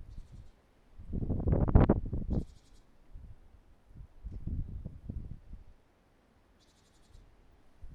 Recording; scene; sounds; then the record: everyday scene through a hearing-aid microphone; wind on the microphone; wind, traffic, birds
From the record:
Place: suburban garden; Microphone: behind the ear, right, rear